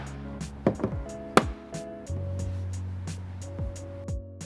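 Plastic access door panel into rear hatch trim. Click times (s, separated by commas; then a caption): 0.7 s, 1.4 s. Pressure is worked down a plastic access door panel on the rear hatch trim of a 6th-gen 2015–2020 Hyundai Elantra hatch so its remaining tabs snap in. Sharp snaps sound at 0.7 s and 1.4 s over steady background music. The panel ends up seated flat and snapped into place.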